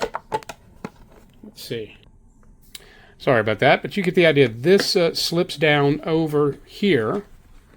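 A plastic snorkel tube is handled and slid down toward its mount on top of a full face snorkel mask, with several short sharp handling taps in the first second and another near 2.8 s. Someone then talks. Nothing has seated or clicked yet; the clip ends before the tube snaps into place.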